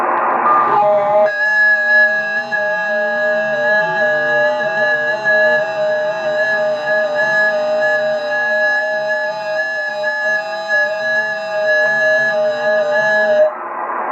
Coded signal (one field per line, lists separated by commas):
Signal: FT8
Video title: FT8 Has Completely Destroyed Ham Radio